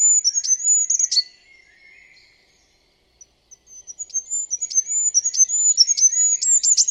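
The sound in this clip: Bird calls: a run of very high, thin whistled chirps and sharp clicks that stops briefly midway, then returns as a rapid, busier series.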